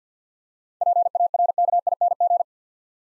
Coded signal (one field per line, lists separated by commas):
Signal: Morse code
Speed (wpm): 50 wpm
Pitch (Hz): 700 Hz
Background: none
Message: PARKING